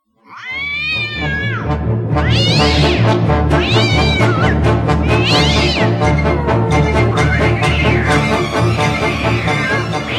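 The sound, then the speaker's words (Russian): Loud, drawn-out meows and yowls from at least fifty fighting cats, their mouths stuffed with fur, trying to bite or scratch a huge St. Bernard dog. The calls rise and fall in pitch, repeating every second or two over a dense, continuous backdrop of sound for about ten seconds. “Не меньше полусотни отборных боевых котов с набитыми шерстью ртами пытались безуспешно укусить или оцарапать огромного пса.”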